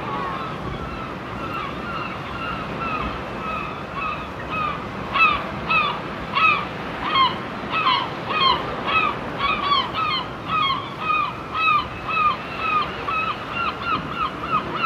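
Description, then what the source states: Gull calls, loud yelping notes repeated in a steady series nearly twice a second, building from quieter calls, over steady background noise. Seagulls on the shore.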